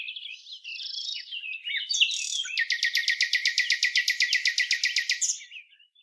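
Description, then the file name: Common nightingale song opening with a soft chuckling warble, then a long, powerful run of rapidly repeated clicking notes lasting about three seconds. "Luscinia megarhynchos"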